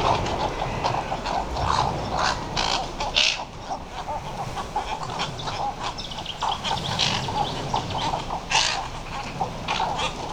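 Western cattle egret rasping croaks, irregular and overlapping, above a continuous babble of many calling birds throughout.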